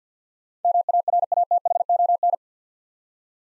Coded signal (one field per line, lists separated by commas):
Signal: Morse code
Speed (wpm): 52 wpm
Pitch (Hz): 700 Hz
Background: none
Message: MARATHON